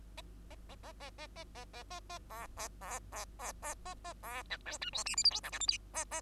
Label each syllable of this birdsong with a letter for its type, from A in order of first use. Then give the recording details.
A A A A A A A A A A A B B B B B B A A B C D E F G H I J K L M N A A. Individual Bird2